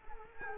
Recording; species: mosquito wingbeat signal from an infrared sensor; Culex quinquefasciatus